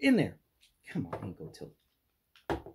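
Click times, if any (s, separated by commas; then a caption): 2.5 s. Someone talks while forcing the stiff ankle-tilt hinge in the foot of a plastic Megatron action figure out of its stowed position. A sharp snap at 2.5 s marks the joint popping free, releasing the ankle tilt, which is hard to get out.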